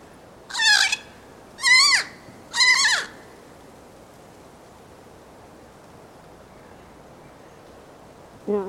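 Bird calls: three loud, harsh, nasal notes about a second apart, then a long silence before another call begins at the end.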